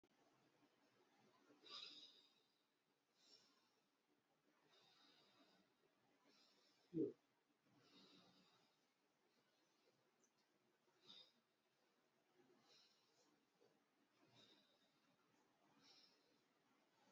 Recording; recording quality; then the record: shallow breathing; excellent, no background noise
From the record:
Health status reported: healthy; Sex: male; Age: 45 years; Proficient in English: yes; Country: India